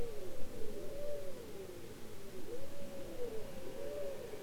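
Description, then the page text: Bowhead whale calls: looping, up-and-down moaning sweeps, repeated, over a constant low rumble. Bowhead whales imitating sounds heard in their environment. "Bowhead whales ( Balaena mysticetus ) are copycats, imitating sounds heard in their environment. Polar Research"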